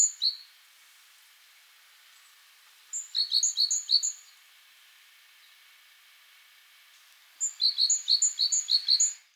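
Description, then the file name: Eurasian blue tit calls: short runs of rapid high chirps separated by several seconds of quiet. "Cyanistes caeruleus"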